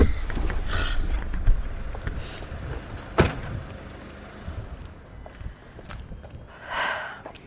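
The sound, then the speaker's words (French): Someone shifts and climbs out of a car to make a phone call: rustling movement over a low rumble, then a single sharp door clunk, followed by quieter shuffling and a brief hiss near the end. “Bah, sors de la voiture là pour l'appeler parce que là.”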